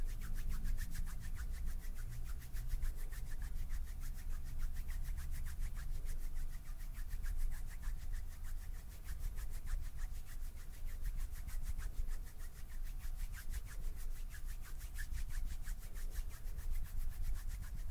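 Close-up hand sounds: a continuous, rapid rubbing with a fine scratchy grain, like palms or fingers brushing quickly back and forth. The texture stays steady and dense for the whole stretch, over a constant low rumble close to the microphone.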